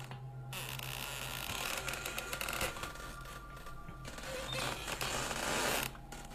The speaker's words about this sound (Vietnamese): Nhìn ra bên ngoài, cánh cửa đã mở từ bao giờ. Hai cánh cửa còn đu đưa qua lại, tạo ra những âm thanh cọt kẹt ghê người.